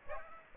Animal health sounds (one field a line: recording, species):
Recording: mosquito wingbeat signal from an infrared sensor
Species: Aedes aegypti